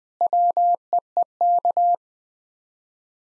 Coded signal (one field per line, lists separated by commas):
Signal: Morse code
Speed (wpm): 21 wpm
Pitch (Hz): 700 Hz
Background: none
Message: WEEK